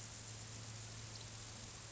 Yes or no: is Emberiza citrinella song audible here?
no